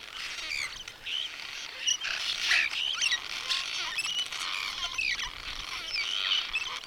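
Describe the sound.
Birds singing, a busy mix of high sweeping whistles, chirps and short trills from several birds overlapping continuously.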